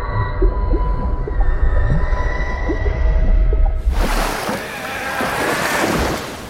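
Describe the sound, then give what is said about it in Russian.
Muffled underwater rumble with small scattered bubbling pops as bubbles rise in murky water before the face of a man held under water, with faint droning tones, then a sudden loud rush of watery hiss takes over for the last few seconds. “Глаза Владимира широко открыты, перед лицом в мутной воде поднимаются пузыри.”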